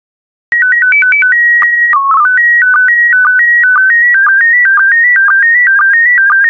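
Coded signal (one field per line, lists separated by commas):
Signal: SSTV (slow-scan television)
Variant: PD120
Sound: opening tone header, then warbling tones in steady steps with a regular ticking pulse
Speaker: 5, 4, 3, 2, 1. Thank you. Transmission complete. You can now check your decoded image against the picture that is shown on the video.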